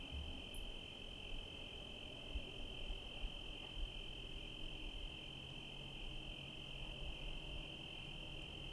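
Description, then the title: Cricket trilling continues as a level, unchanging high hum, with a single faint high chirp early on and soft low rumble underneath. Night recording in Trinity County, California, USA, dated 17/10/25 around 05:06 (approximate time); recorded on Zoom H1 with internal XY microphones. "Trinity County, Californie, États-Unis d'Amérique - 17_10_25_05_06 grillons nuit voitures PLUIE"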